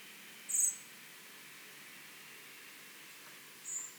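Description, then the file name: Common blackbird producing a high, thin note, then a weaker one about three seconds later, over a faint hiss. "Turdus merula"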